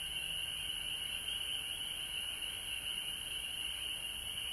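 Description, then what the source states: Continuous frog chorus, a shrill even trilling, with a faint low hum at the start. Recorded at home in Georgia on March 19, 2020.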